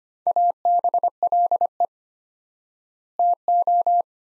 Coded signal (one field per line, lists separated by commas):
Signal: Morse code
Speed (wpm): 25 wpm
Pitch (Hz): 700 Hz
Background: none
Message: ABLE TO